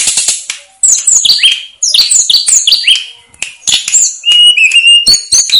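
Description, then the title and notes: Snowy-browed flycatcher singing a quick series of downslurred high notes and chirps, then a level whistled trill. Master song used for training cage birds. "Masteran Tledekan Gunung Sikatan Gunung. BURUNG TLEDEKAN"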